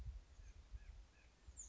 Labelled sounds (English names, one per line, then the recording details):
White-breasted Nuthatch
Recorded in Sonoma County, California